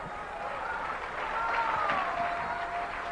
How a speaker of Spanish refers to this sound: Denle un aplauso a Cristo, que Él se lo merece.